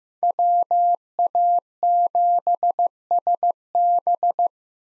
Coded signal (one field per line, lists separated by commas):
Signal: Morse code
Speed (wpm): 16 wpm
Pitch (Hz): 700 Hz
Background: none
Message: WA7SB